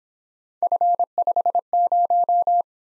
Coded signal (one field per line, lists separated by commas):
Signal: Morse code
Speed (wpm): 26 wpm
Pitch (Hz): 700 Hz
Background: none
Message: F50